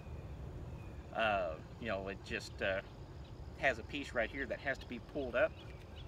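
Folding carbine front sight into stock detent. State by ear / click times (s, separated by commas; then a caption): not seated / none. A Kel-Tec Sub 2000 9mm carbine is handled while someone talks about pulling up a release piece so the folded barrel's front sight can lock into the polymer detent at the back of the stock. Only speech over a steady low background hiss is heard. Nothing has seated or clicked yet.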